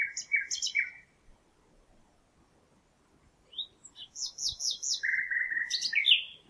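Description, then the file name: Common nightingale song with short repeated chirping notes, a gap of silence, then a fast series of high notes and a sustained, slightly rattling whistle. "Luscinia megarhynchos"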